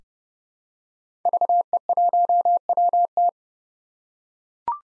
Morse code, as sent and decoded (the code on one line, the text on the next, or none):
...- . .---- .-- -
VE1WT